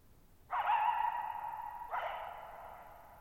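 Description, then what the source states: Coyote letting out a quavering yelp and a second call, both smearing into a long, slowly fading echo against a very quiet background. Lone coyote at night, July 14, 2019, Thirtymile Meadows, Okanogan National Forest (Okanogan High Country), Pacific Northwest, 6400 ft; tall mountains on a high, mostly dry plateau, shallow bowl-shaped meadows, boggy ground.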